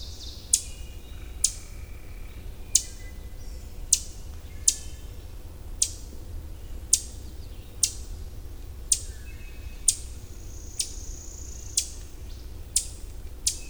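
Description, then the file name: Ovenbird chip calls: sharp, short clicks repeated about once a second, over steady low background noise. Ovenbird chipping, recorded at Millington, Maryland, on 27 June 2010. "Ovenbird Chipping Millington MD"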